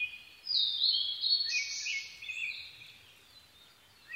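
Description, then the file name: Blue-and-white flycatcher song: one sustained, rich whistled phrase of high notes and lower slurs, then fading to quiet. Recorded 22 May 2011 at 04:34. "ooruri-20110522-0434"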